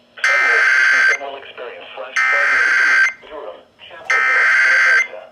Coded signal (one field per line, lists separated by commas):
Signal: Emergency Alert System (SAME) tones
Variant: header bursts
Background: speech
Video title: RAH FFW - WXL58 - WNG706 - 5 FM stations (6/30/23 - EAS # 370-376)